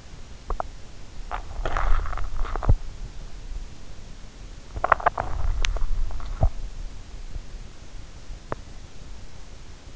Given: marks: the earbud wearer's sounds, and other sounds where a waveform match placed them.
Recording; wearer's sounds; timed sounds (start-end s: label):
sounds in sleep by an in-ear microphone; teeth grinding
0.00-3.16 s: teeth grinding
4.52-7.60 s: teeth grinding
8.35-9.37 s: teeth grinding